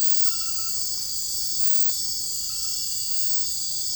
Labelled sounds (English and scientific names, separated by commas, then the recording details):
none
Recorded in dense forest near Puerto Asís, Putumayo, Colombia, on 21 February 2024 at 03:30
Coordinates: 0.487, -76.319
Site G6403